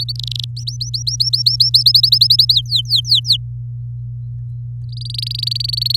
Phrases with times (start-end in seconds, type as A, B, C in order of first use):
0.00-0.12 A, 0.15-0.44 B, 0.56-1.83 C, 1.86-2.54 D, 2.55-3.37 E, 4.92-5.96 F